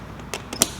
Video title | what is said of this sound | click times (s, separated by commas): How to Replace the Rear Bumper & Taillight on a 2017–2022 Tesla Model 3 | down and they snap into place. | 0.6 s